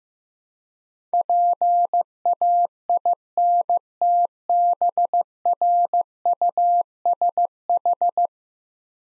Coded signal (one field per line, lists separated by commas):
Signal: Morse code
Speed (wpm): 15 wpm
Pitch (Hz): 700 Hz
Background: none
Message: PAINTBRUSH